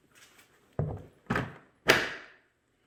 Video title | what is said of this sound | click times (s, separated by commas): Modular Tool Box - The Best Investment to Protect Your Tools | so just a little bit in the front you'll feel it slide into place and then you'll hear it click and | 1.9 s